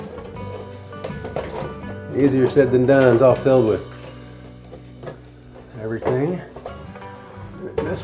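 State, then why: Seated. A replacement bathroom vent fan motor assembly is pushed up into its metal ceiling fan housing while someone talks, with scattered light knocks. At 7.8 s a sharp snap is heard as its tabs snap into place and the assembly seats.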